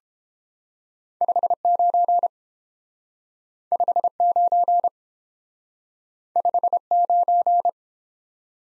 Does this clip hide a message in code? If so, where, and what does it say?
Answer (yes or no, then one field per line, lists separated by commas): yes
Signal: Morse code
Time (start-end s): 1.2-7.7 s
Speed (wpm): 29 wpm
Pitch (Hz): 700 Hz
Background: none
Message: 59 59 59